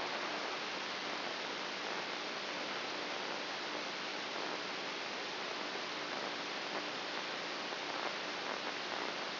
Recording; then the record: brain microelectrode recording played as sound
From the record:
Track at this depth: inside the subthalamic nucleus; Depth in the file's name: 1.44 mm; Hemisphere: right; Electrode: 2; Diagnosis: Parkinson's disease